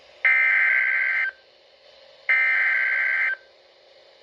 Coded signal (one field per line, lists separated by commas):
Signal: Emergency Alert System (SAME) tones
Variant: header bursts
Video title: NOAA Weather Radio - Severe Thunderstorm Warning [EAS #127] (4/16/22)